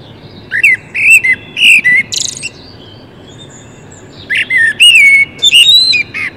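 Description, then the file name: Common blackbird song of rich whistled notes sliding up and down, broken by a scratchy high buzzy flourish, two phrases separated by a silent gap. "Turdus merula"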